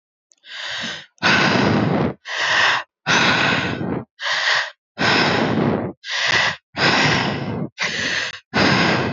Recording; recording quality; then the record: shallow breathing; excellent, no background noise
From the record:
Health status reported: healthy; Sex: male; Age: 27 years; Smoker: yes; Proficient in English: yes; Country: India